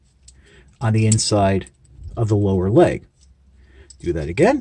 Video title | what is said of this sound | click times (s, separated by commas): Transformers Legacy Prime Universe Arcee | swing it around and that'll snap into place | 0.3 s